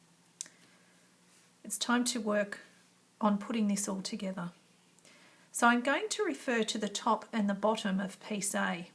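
A metal snap fastener with both halves set on a fabric wallet is pressed closed and snaps shut with one sharp click at 0.4 s, seating in place. Someone then talks for the rest of the clip.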